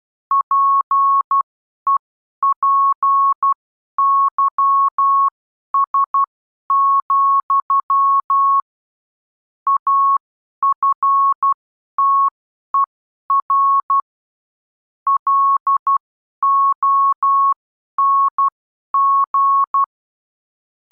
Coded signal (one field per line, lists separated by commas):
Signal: Morse code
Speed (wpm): 12 wpm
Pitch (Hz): 1100 Hz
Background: none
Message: PEPYS, AFTER LONG